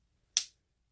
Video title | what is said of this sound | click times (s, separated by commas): Kriss Vector Review...ish | and it clicks into place really nice. | 0.4 s